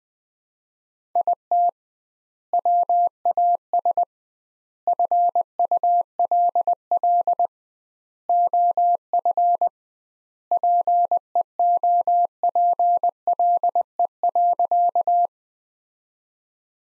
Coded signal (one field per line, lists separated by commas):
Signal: Morse code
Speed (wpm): 20 wpm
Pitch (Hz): 700 Hz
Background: none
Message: IT WAS FULL OF PEOPLE.